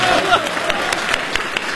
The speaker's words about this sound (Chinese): 您来了怎么样？ 我来了。那个咱这鼓掌不太热烈。